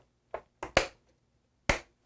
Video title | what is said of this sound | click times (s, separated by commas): How to upgrade SSD & RAM in the 2019 Mac Pro: NVMe | you want to hear it click on both sides you don't need to close that that'll do it by itself | 0.8 s, 1.7 s